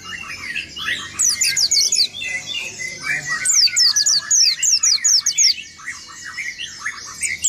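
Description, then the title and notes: White-eye song: dense, overlapping high twittering in fast bursts, several chirps per second, with lower notes beneath. "Burung Peci. kumpuln pleci terbaru"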